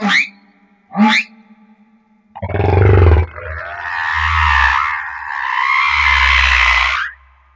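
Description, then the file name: Humpback whale song units: two quick rising harmonic whoops, then a long buzzy roaring phrase with deep low rumbles underneath. Recorded off Madagascar. "Humpback Whale - Madagascar Whale One"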